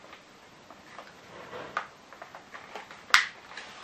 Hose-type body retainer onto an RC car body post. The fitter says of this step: so und wenn ihr jetzt die richtige Schlauchlänge habt dann rastet das da ein ihr zieht die jetzt so weit runter bis es klick macht und der Schlauch von oben da drauf sitzt und schon habt ihr das Ding zu